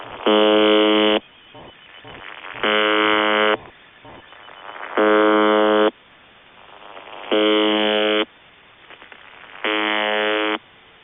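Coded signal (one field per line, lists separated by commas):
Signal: channel marker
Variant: UVB-76 (The Buzzer)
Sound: five harsh, low, one-second buzzes at a steady rate, with hiss between them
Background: radio static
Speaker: Okay, well, there's just a couple examples of how the Russian UVB-76 operators have chosen to try and get people who are occupying the frequency that they also occupy from taking advantage of it at the same time.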